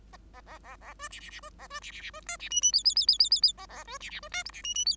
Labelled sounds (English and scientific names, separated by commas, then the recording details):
Bengalese Finch (Lonchura striata domestica) song
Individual Bird5